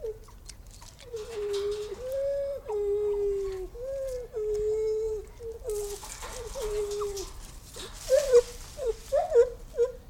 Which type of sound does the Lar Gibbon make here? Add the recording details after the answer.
call. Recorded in captivity. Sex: group. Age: diverse. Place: Tiergarten Nürnberg, Bayern, DE. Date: 1995-09-07 18:41. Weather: bedeckt, 23°C. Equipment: Nagra SN, Sennheiser ME 80, Kopie Uher 4000 Report Monitor. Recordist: Tembrock, Günter